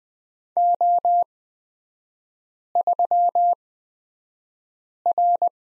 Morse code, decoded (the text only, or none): O3R